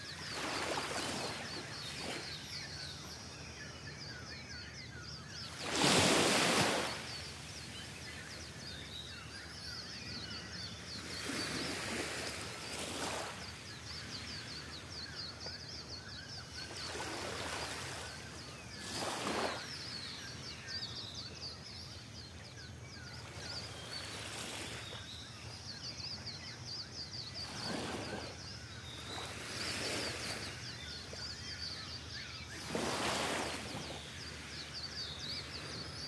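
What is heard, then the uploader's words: Small ocean waves lap at the shore in soft, splashy washes every few seconds, the strongest around six seconds in. Between them a steady, quiet hiss holds, with a faint high chirping of birds or insects running throughout. South Bay Beach HK, 4am. Tiny ocean waves lapping on the shore.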